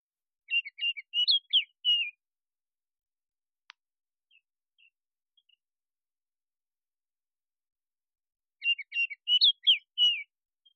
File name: Baltimore Oriole